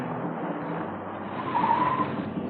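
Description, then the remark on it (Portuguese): A car's engine rumbles steadily, then tires let out a short, high-pitched squeal for about half a second as the vehicle skids to a halt. No one speaks. “Por que parou aqui?”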